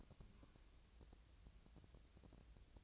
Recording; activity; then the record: daily activity, microphone in the room; take from stove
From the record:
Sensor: 2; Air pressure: 999.8 hPa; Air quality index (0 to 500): 122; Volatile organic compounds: 2 ppm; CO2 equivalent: 1049 ppm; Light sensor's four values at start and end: 32/80/35/39 and 32/80/35/39